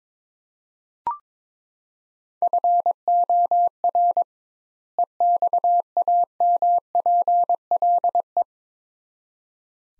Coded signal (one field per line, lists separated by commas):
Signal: Morse code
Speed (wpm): 22 wpm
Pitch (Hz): 700 Hz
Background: none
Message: FOR EXAMPLE